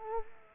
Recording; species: mosquito wingbeat signal from an infrared sensor; Culex quinquefasciatus